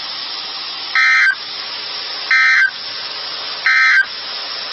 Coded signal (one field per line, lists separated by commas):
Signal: Emergency Alert System (SAME) tones